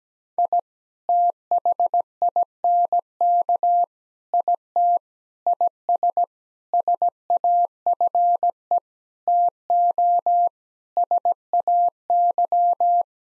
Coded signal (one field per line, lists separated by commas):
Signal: Morse code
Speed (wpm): 17 wpm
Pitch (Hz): 700 Hz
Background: none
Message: I THINK IT IS SAFE TO SAY